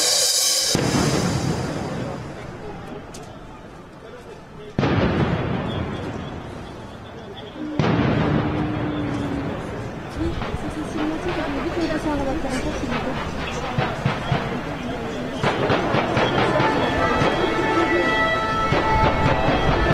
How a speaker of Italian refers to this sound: avete sentito questi suoni estremamente inquietanti, drammatici, terribili, che sono gli spari, le sventagliate di spari oggi nel doppio blitz che c'è stato in Francia.